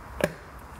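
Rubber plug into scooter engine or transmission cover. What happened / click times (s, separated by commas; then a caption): The plug snapped into its hole / 0.2 s. A lightly greased rubber plug is pushed by hand into its hole in the transmission cover of a Piaggio BV350 scooter. A single sharp click sounds at 0.2 s against low background noise. The plug snaps in and is seated.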